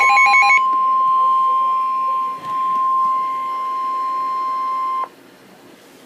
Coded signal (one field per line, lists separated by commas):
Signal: Emergency Alert System (SAME) tones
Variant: 1050 Hz attention tone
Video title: EAS #9: Severe Thunderstorm Warning - June 25, 2013 6: